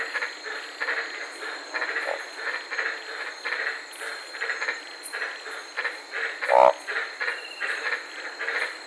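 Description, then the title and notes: White-lipped tree frog calls, repeated harsh croaks in a chorus, a single sharp knock late on, steady insect hum. Several frogs calling at night in the Daintree rainforest, Queensland, Australia, recorded from inside a car. "White Lipped Frog Podcast. I was sitting in my car in the Daintree rainforest in Queensland this night and fell asleep listening to these amazing White lipped frogs"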